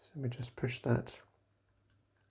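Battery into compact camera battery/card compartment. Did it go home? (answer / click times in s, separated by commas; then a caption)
yes / 1.9 s. Someone talks while pushing a part, most likely the battery, into the battery and card compartment of a Sony ZV-1 compact camera. A short, sharp click from the plastic latch comes at 1.9 s, followed by fainter clicks, and the part is seated.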